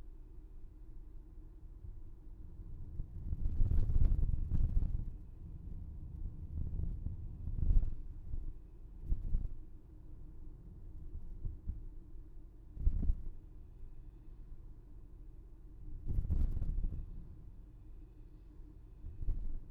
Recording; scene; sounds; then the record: everyday scene through a hearing-aid microphone; in a vehicle; engine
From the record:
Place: VW T5 Caravelle, diesel engine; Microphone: behind the ear, left, front